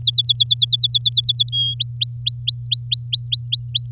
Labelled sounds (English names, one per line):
Domestic Canary song